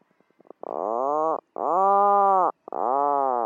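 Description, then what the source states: Atlantic puffin burrow calls: three drawn-out, nasal groaning notes of nearly a second each, rich in overtones, preceded by a few soft clicks. Calls from deep within burrows in grassy banks as puffins communicate burrow to burrow; bright, almost calm sunny afternoon with the sea crashing far below.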